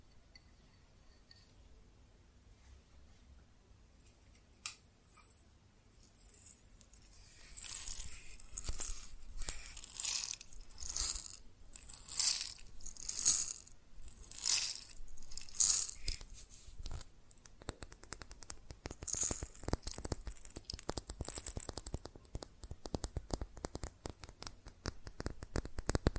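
Fast tapping on glass and ceramic objects begins after a quiet start, with a single sharp tick near five seconds. From about seven seconds, rapid bright clinks build into rhythmic bursts that swell and fade, then settle into dense, steady, fine tapping through the end.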